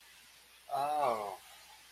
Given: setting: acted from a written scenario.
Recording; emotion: vocal sound without words; sympathy